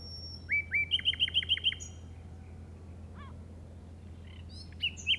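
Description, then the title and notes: Common nightingale singing a fast run of repeated hooked notes, followed by a pause and brief scattered chirps, over a low background hum. Recorded in the Llobregat Delta at 06:00 on 8 May 2015 with a Zoom recorder. "Grabación de ruiseñor común (Luscinia megarhynchos) en el Delta del Llobregat a las 06:00 del 08/05/2015."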